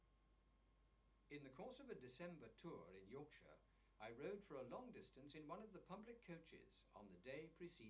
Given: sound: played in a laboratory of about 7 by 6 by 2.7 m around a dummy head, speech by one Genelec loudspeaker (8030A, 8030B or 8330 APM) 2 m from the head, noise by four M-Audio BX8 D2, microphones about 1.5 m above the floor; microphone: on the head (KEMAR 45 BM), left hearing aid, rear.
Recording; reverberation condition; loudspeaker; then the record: male speech in English; low; 30 degrees to the left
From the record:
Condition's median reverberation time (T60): about 310 ms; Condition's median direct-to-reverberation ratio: about 3.5 dB